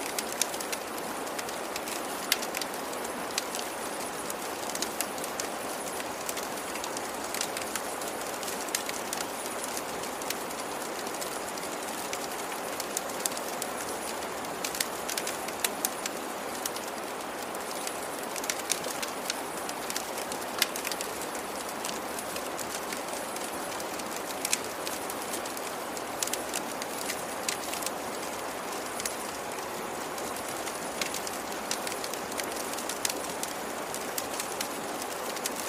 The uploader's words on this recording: Camping by the River: Crackling fire and river sounds.